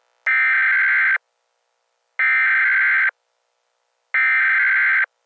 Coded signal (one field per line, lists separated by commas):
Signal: Emergency Alert System (SAME) tones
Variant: header bursts